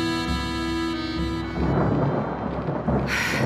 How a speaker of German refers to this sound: Regen und Sturm.